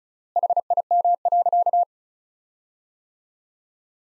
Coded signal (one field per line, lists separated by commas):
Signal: Morse code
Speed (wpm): 36 wpm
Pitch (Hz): 700 Hz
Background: none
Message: HIM.